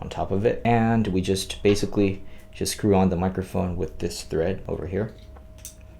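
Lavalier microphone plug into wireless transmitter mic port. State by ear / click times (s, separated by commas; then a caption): seated / 5.7 s. A lavalier microphone's 3.5 mm plug is pushed into the mic port of a Boya BY-WM6S UHF wireless bodypack transmitter, then the threaded locking collar is spun down to screw it in place. Someone talks over the setup, then a few faint ticks follow. The plug seats with a click at 5.7 s.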